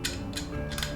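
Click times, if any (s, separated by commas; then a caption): none. A mounting screw is slid into the stripped threaded hole of a router's base, where the flush plate mounts under the router table. Brief sharp ticks and scrapes sound at about 0.1, 0.4, 0.8 and 1.0 s over a low steady hum. The hole is stripped and the screw slides right in without the threads catching, so nothing has seated or clicked.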